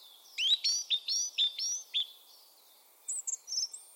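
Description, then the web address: Bird giving sharp, high rising-and-falling chirps about twice a second, followed after a short gap by thinner, higher notes and a brief twitter. "cianscape birddata Deverinetal 2025"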